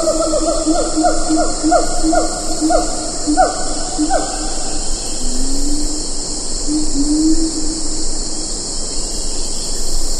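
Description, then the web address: Siamang calling: a run of short, downward-sweeping notes repeated roughly twice a second, then a lower rising tone, over a steady high insect chorus. "earth naturelibrary assets s si siamang"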